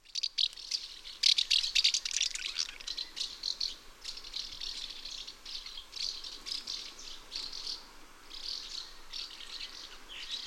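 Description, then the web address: Common house martin chattering, rapid dry chirps and buzzy rattles in bursts, loudest near the start, continuing steadily throughout. "Bysvale"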